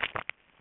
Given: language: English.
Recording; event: throat vibration sensor signal played as sound; swallow